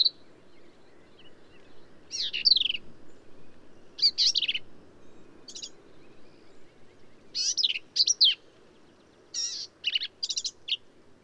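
Black-capped vireo song: short, hurried phrases of sharp, slurred high notes, with brief pauses between.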